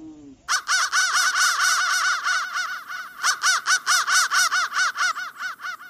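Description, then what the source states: Crow cawing in a rapid, dense run of harsh arched notes, layered and overlapping, with a brief gap midway. Processed crow sound.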